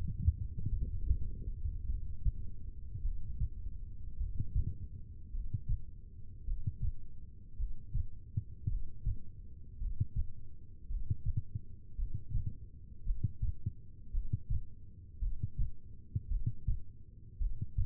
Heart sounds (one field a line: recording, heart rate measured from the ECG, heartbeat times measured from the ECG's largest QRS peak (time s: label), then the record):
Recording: heart sounds by stethoscope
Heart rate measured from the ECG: 54 bpm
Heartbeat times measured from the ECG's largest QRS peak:
0.69 s: heartbeat
1.85 s: heartbeat
3.01 s: heartbeat
4.16 s: heartbeat
5.30 s: heartbeat
6.43 s: heartbeat
7.55 s: heartbeat
8.66 s: heartbeat
9.76 s: heartbeat
10.86 s: heartbeat
11.94 s: heartbeat
13.02 s: heartbeat
14.09 s: heartbeat
15.18 s: heartbeat
16.26 s: heartbeat
17.36 s: heartbeat
From the record:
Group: heart failure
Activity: Valsalva maneuver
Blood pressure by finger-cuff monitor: 74/59 mmHg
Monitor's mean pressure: 63 mmHg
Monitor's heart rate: 54 bpm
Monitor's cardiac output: 2.3 L/min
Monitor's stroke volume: 43 mL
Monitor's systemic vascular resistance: 1960 dyn s/cm5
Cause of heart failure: non-ischemic cardiomyopathy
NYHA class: 1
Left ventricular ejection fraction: 52%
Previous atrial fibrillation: present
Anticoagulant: apixaban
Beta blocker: bisoprolol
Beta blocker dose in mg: 10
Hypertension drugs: sacubitril-valsartan, spironolactone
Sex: female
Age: 68 years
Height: 169 cm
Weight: 71 kg